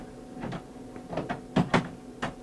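The last plastic ink cartridge is pushed into its slot in an HP L110 Latex large-format printer, with soft rustling and bumps leading up to two sharp knocks at 1.7 s and 2.2 s. The cartridge is seated, and all cartridges are confirmed as successfully installed.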